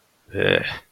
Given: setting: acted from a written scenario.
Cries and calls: vocal sound without words; contempt

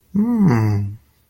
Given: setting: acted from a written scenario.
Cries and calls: vocal sound without words; awe

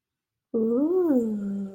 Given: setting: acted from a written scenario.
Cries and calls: vocal sound without words; romantic love

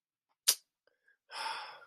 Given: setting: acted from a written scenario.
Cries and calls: vocal sound without words; shame

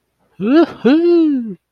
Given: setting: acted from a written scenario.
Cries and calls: vocal sound without words; pride

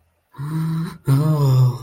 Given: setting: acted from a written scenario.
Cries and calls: vocal sound without words; ecstasy

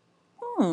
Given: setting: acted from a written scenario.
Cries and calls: vocal sound without words; interest

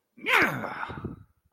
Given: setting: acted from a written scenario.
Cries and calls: vocal sound without words; triumph

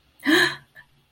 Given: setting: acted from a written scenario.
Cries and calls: vocal sound without words; elation

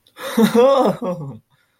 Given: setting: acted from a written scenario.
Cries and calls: vocal sound without words; positive surprise

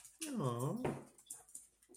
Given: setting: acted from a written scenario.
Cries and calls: vocal sound without words; adoration

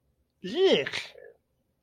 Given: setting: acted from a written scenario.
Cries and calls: vocal sound without words; disgust

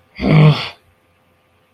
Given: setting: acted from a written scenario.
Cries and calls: vocal sound without words; anger

